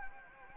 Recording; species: mosquito wingbeat signal from an infrared sensor; Anopheles gambiae